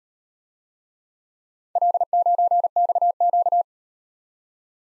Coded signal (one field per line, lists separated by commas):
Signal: Morse code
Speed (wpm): 38 wpm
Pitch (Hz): 700 Hz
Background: none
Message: L9XQ